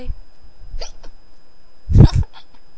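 A woman hiccups: brief bursts of low-pitched hiccups at irregular intervals.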